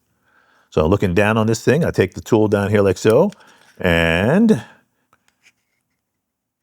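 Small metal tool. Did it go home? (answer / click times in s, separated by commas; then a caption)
no / none. Someone talks while positioning a disassembly tool to push the magazine release spring of a Glock pistol sideways into the notch in the pistol frame. After the talking stops, only faint ticks are heard at about 5.1 and 5.3 seconds. The spring has not yet snapped into the notch; nothing has seated yet.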